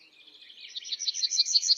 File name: Emberiza citrinella